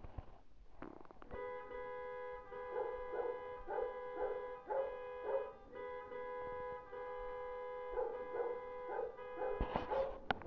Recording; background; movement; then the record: deep breathing; traffic; sitting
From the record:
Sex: female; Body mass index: 22.6 kg/m2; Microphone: on the chest, facing the body